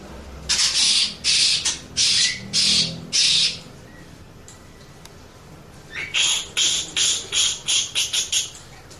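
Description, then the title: Oriental magpie-robin uttering five rasping, hissy bursts, a pause, then a quicker run of short harsh notes over a thin high whistle. Champion bird in lively, chatty singing form. "Kacer Juara Gacor"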